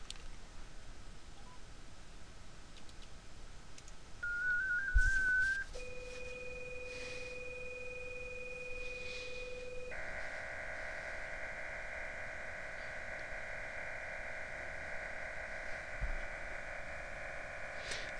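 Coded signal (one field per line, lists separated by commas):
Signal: MT63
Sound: short warbling tone, then two steady tones, then a long dense hissing data roar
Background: room noise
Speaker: to transmit is key up my mic next to the uh speaker on the computer and I hit the transmit button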